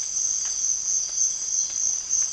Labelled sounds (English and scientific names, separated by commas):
none